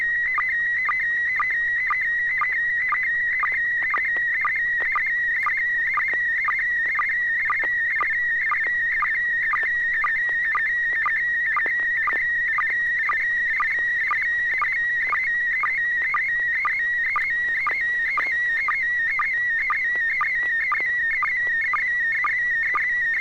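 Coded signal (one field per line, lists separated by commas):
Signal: SSTV (slow-scan television)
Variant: PD120 mode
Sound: steady warbling whistle near 2 kHz with rhythmic clicks about twice a second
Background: low hum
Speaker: this is going to be pd 120 and 6pg so all right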